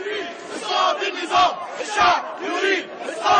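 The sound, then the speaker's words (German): Hundreds of thousands of Egyptian protesters chant and shout in unison on Tahrir Square in central Cairo in January 2011, demanding the resignation of President Hosni Mubarak. It is a dense, loud roar of many voices with rhythmic surges, rising and falling in repeated waves. “Hunderttausende Ägypter ziehen auf den Tahrir-Platz im Zentrum von Kairo.”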